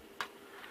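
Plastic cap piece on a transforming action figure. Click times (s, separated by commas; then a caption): 0.2 s. A plastic cap piece on a transforming robot action figure is pushed down until small tabs at the back lock into place. A single sharp click sounds at 0.2 s, and the cap is seated.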